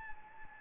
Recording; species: mosquito wingbeat signal from an infrared sensor; Anopheles gambiae